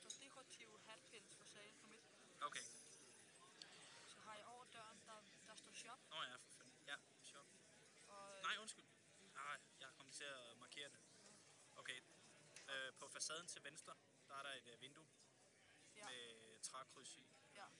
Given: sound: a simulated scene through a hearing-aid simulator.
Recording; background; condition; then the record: conversation; cafeteria; +4 dB SNR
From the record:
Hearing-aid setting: standard clinical setting (NAL); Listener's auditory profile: D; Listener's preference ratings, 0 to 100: 51, 63, 51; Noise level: 65 dB SPL